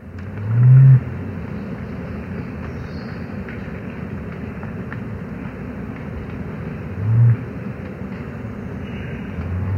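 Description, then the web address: Great Curassow deep booming call, one short low boom near the start and another about six seconds later, over steady low rumbling background noise. Recorded in South America. "Natures Songs S America Great Curassow"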